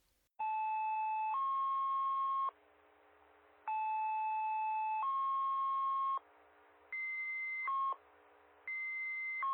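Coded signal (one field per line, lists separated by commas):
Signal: two-tone page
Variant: fire department tone-out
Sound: pairs of steady beeps, each a lower tone then a higher one, repeated with short pauses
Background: faint hiss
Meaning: Each tone pair alerts a particular group's pagers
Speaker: it's a set of tones it's only going to set off three uh types of pages the Chiefs the generals and I believe the rescue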